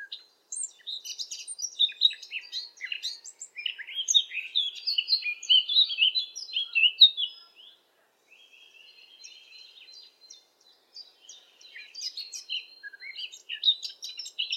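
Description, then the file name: Eurasian blackcap song with busy warbling and louder bright notes, a quiet gap of soft twittering, then renewed chatter. "zwartkop zang"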